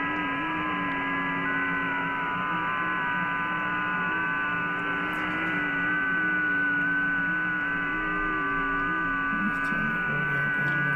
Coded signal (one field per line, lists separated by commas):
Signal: FT8